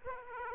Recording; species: mosquito wingbeat signal from an infrared sensor; Aedes aegypti